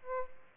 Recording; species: mosquito wingbeat signal from an infrared sensor; Aedes aegypti